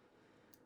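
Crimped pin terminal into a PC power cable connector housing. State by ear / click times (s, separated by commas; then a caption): seated / 0.5 s. A crimped metal pin terminal on a sleeved PC power extension wire is pushed into a plastic connector housing, with its tab lined up on the same side as the little crimp wings. Against a steady low hiss, a small, sharp, high-pitched click is heard at 0.5 s as the terminal latches and seats in the housing.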